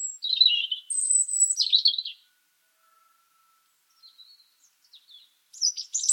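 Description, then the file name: European robin song: two bright, tumbling high phrases, a long quiet gap, then soft faint notes and another thin high phrase. "Erithacus rubecula"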